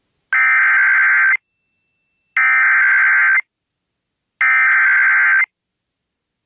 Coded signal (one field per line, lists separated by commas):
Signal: Emergency Alert System (SAME) tones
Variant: header bursts